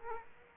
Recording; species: mosquito wingbeat signal from an infrared sensor; Aedes aegypti